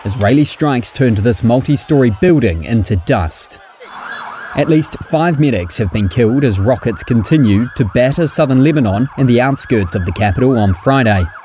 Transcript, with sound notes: Israeli strikes turned this multi-story building into dust. (sounds of an emergency vehicle) At least five medics have been killed as rockets continue to batter southern Lebanon and the outskirts of the capital on Friday.